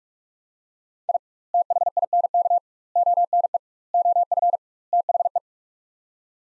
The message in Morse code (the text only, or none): I THINK ONE OF THE